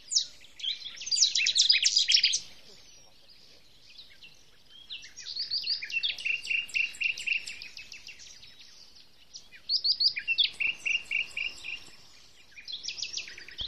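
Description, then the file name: Common nightingale singing rich, varied phrases: a loud burst of fluty and chattering notes, then long runs of rapid repeated high clicks and whistles, separated by short pauses. "Luscinia megarhynchos"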